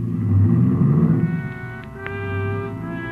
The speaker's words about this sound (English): Ibarra was grim as he climbed in his car and drove off fast.